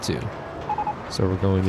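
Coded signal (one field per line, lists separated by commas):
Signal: none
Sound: a game's alert beeps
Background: speech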